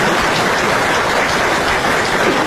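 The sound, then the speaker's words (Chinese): Steady, dense applause from an audience clapping for a performer to sing, a loud continuous wash of many hands clapping with no break or voices over it for the whole stretch. “您不鼓掌，他不唱、啊、您要听一鼓掌的。”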